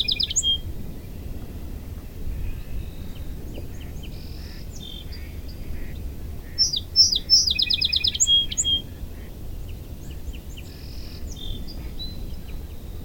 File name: Tamarac whispers song sparrow